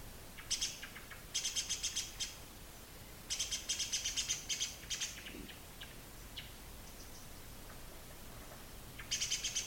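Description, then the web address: Great spotted woodpecker alarm call, repeated bursts of rapid, piercing high ticks, some runs longer and others only a few notes, with faint scattered calls between. Cries of a disturbed bird. "cries of a disturbed great spotted woodpecker dendrocopos major"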